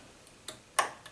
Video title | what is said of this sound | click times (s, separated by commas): Boo! Wall Hanging sewn with Spanish Hemstitch Attachment | There it is. You can hear it snap. | 0.8 s